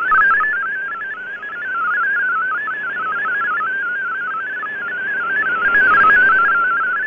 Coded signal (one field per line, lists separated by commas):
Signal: multi-tone FSK (Olivia or MFSK type)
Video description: Shortwave Radiogram transmits digital text and images on an analog shortwave broadcast transmitter.